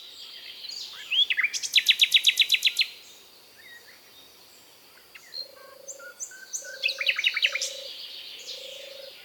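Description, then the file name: Common nightingale song: a fast, loud rattling burst of repeated notes, a pause, then low pure whistled notes and another quick repeated phrase. "British Library - European Nightingale(Luscinia megarhynchos)"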